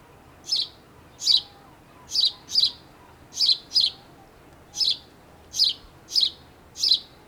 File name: Passer domesticus